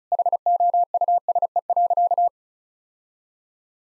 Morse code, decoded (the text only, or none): HOUSE.